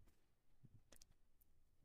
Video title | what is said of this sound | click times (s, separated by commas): SJCAM SJ8 DUAL SCREEN Action Camera - Telugu Tutorial -- SSA TECH IN TELUGU | ఇటు first చేసి ఇటు పైకి push చేయాలి పుష్ చేస్తే లాక్ ఓపెన్ అవుతది దీన్ని | 1.0 s